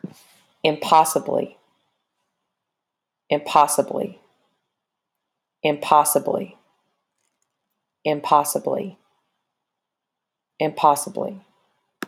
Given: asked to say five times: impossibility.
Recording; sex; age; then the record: repeated word; female; 30 to 39 years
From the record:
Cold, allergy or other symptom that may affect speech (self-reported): no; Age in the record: 31 years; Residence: Tennessee, United States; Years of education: 12